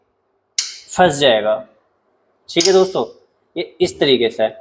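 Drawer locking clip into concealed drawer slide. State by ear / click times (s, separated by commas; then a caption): seated / 0.6 s. A drawer locking clip is pushed in from below into a concealed quadro drawer slide, and a single sharp click at 0.6 s shows it has seated and locked in place. Someone talks afterward.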